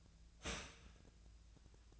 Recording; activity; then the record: daily activity, microphone in the room; start toaster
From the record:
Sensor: 2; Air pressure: 1009.1 hPa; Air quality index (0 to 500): 186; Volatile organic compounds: 11 ppm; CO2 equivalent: 2309 ppm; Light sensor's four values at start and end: 19/49/20/22 and 20/49/21/22